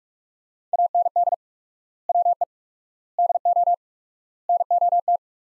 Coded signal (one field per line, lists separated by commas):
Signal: Morse code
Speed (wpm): 46 wpm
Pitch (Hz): 700 Hz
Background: none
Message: AND WE DO NOT